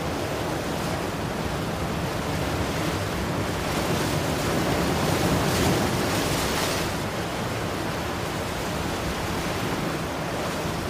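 Ocean waves roll in as a continuous, dense wash of surf with a deep low rumble underneath. The sound swells slightly between about four and seven seconds, with a brighter hiss as a wave breaks, then settles back to a steady roar.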